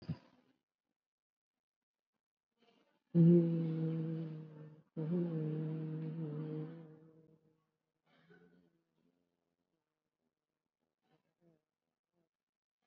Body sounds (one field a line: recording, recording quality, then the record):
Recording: sustained vowel as in boot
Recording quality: excellent, no background noise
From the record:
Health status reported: COVID-19 positive, moderate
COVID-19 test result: positive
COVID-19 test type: RT-PCR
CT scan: not taken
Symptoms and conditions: breathing difficulty, fatigue, muscle pain, hypertension, diabetes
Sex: female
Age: 86 years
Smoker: no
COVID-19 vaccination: none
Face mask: worn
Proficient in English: no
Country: India